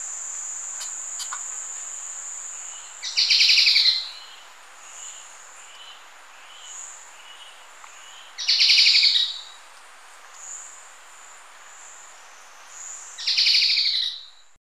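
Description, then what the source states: Striped treehunter giving short harsh buzzy bursts about a second long, repeated every five seconds, over a steady high insect whine and faint soft bird notes. Recorded in Ecuador.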